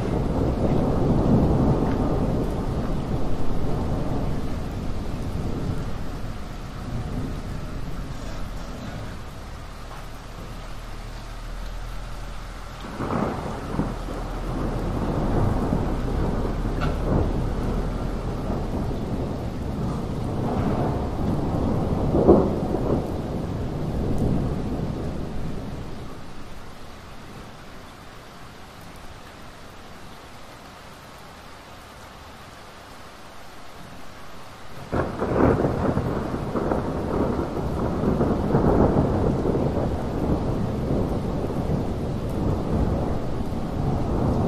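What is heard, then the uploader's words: Thunder rolls through a rainstorm, deep rumbles swelling and fading in long waves, loudest around 13 to 25 seconds and again from 35 seconds on. Between them, near the half-minute mark, it drops to a quieter hiss of steady rain. Thunderstorm. Gewitter. As soon as spring arrived, there was already a thunderstorm. The thunderstorm and the rain.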